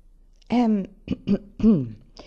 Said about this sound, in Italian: Tossicchiò schiarendosi la voce.